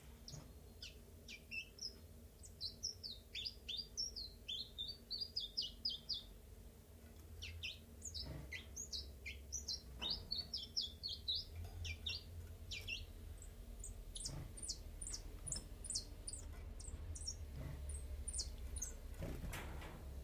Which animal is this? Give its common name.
Common Chiffchaff